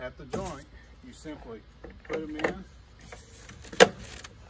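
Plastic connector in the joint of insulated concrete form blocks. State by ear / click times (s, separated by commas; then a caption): seated / 3.8 s. Someone talks while a plastic connector is put into the joint between foam Fox Block ICF (insulated concrete form) blocks. One loud, sharp snap is heard at 3.8 s as the connector seats in the joint.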